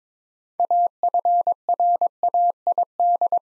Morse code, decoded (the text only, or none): AFRAID